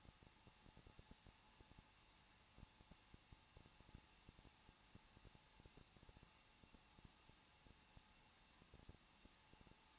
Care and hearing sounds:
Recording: daily activity, microphone in the room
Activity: no activity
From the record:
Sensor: 1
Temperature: 20.1 degrees Celsius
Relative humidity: 39.1%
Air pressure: 1006.4 hPa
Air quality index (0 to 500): 216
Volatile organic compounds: 74 ppm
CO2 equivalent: 3552 ppm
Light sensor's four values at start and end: 1/2/1/1 and 1/2/1/1

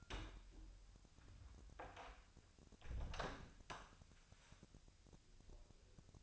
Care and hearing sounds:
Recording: daily activity, microphone in the room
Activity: close door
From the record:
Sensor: 2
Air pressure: 1007.5 hPa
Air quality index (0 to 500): 182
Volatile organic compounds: 10 ppm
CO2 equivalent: 2236 ppm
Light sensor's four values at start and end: 10/24/10/10 and 10/23/10/10

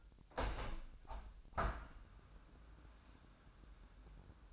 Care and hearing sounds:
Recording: daily activity, microphone in the room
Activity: open window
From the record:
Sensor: 2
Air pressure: 998.4 hPa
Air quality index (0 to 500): 134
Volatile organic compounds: 3 ppm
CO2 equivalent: 1516 ppm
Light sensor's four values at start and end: 6/15/6/7 and 7/16/7/7

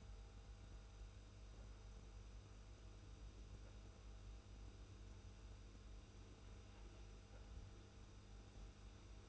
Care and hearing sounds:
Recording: daily activity, microphone in the room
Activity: make coffee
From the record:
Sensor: 2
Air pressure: 990.7 hPa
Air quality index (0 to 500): 158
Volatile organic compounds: 603 ppm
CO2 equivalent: 4942 ppm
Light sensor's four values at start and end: 25/60/24/24 and 25/60/24/24

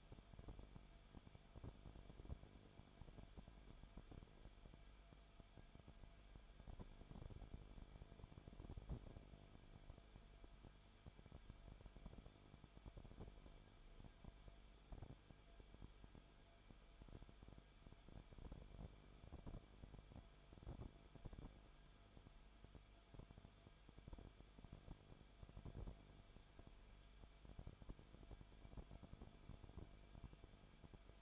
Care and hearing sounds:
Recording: daily activity, microphone in the room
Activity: no activity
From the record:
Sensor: 5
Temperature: 20.3 degrees Celsius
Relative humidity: 39.8%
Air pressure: 1010.8 hPa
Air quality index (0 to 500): 166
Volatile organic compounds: 15 ppm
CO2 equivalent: 2510 ppm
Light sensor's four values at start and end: 2/3/1/1 and 2/3/1/1

